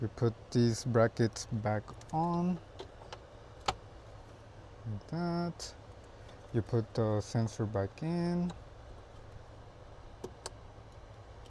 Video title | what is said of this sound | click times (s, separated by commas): 2024 Honda CR-V Engine & Cabin Air Filter Replacement- Easy DIY | You should hear a little click. | 10.5 s